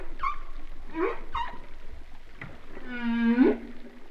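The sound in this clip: Humpback whale calls: several short cries in quick succession, then a longer, low, steady moan with rich harmonics.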